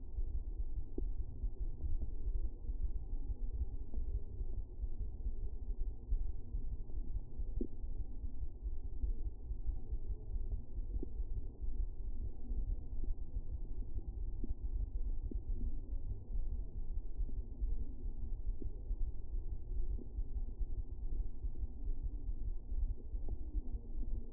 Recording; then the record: fetal heart sounds by stethoscope on the mother's abdomen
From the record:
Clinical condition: for safety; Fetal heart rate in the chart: 140 bpm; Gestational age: 40 weeks